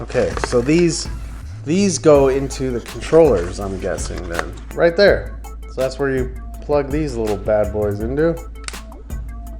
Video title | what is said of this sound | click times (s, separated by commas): PSVR 2 and Charging Dock Unboxing | bam should hear a snap like that and I guess now they're able to be put on the charging dock | 8.7 s